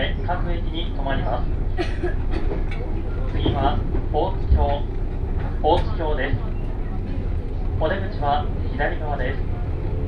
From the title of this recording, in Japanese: 湖西線普通 京都→小野 117系